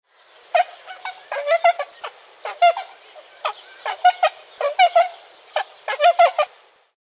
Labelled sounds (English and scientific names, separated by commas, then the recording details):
Tundra Swan (Cygnus columbianus)
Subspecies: bewickii
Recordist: Tembrock, Günter
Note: Rufe eines Paares